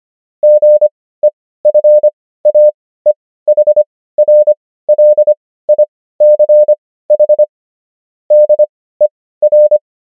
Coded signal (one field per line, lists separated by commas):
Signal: Morse code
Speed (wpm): 25 wpm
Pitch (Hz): 600 Hz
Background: none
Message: GEFAEHRLICH DER